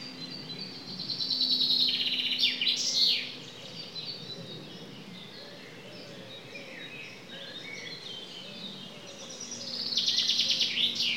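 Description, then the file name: Common chaffinch song, a high trill ending in a flourish, then a second phrase beginning at the end, with a low hum and faint background birdsong. "Fringilla coelebs"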